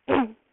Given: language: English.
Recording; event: throat vibration sensor signal played as sound; throat clearing